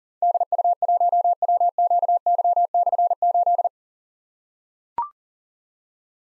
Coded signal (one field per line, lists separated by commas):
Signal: Morse code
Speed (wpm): 40 wpm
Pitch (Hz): 700 Hz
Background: none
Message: DU1WQY/8